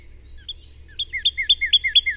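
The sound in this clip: Songbird song: a quiet start, then a fast run of repeated bright chirps, each a dropping note with a sharp high accent, about four per second.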